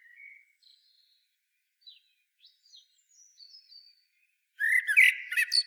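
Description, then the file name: Common blackbird, faint thin high notes and a soft whistle, then a loud fluted warble with scratchy twittering in the last second. "Turdus merula"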